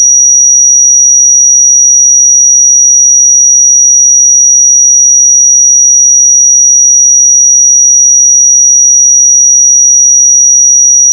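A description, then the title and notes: A pure sine tone at 5783 Hz holds perfectly steady for the full eleven seconds, a single thin, piercing high whistle. Its loudness never changes, and nothing else is heard behind it: no background noise, no pauses, no other sounds. 5783 Hz 1 Hz Interval Sine Pure Tone Frequency 441000 Sample Mono.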